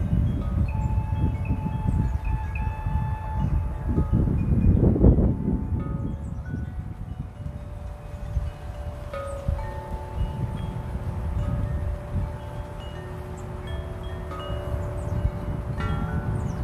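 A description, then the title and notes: Chime tree bars ring out in clear, overlapping tones that linger and fade, with new strikes scattered every second or two and a flurry around the middle. Beneath them runs a steady low rumble, like wind or traffic, strongest near five seconds. Chime Tree. Oak tree.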